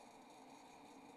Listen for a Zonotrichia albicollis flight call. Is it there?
no